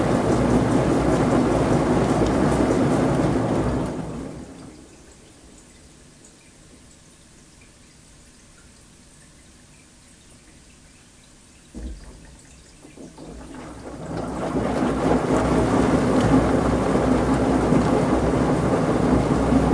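Laundry in a washing machine churns with a loud, steady rumbling whoosh for the first four seconds, then drops away to a quiet pause. Around twelve seconds a soft knock sounds, and from about fourteen seconds the dense sloshing rumble builds back to full strength.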